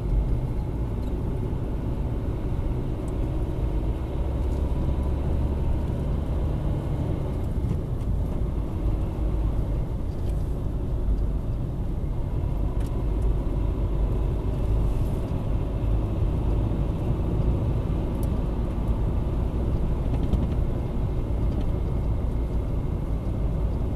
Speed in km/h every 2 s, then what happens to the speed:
46, 45, 55, 57, 55, 51, 50, 55, 59, 61, 63, 59.
3-5 speeds up to 57. 12-17 speeds up to 61. 17-24 steady at about 61.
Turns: none.